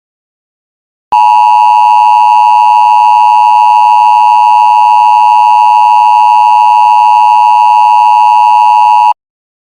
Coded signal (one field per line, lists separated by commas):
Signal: Emergency Alert System (SAME) tones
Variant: 853 and 960 Hz attention tone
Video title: EAS SEVERE THUNDERSTORM WARNING